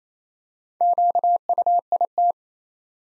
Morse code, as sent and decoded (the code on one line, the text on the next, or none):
--.- ..- .. -
QUIT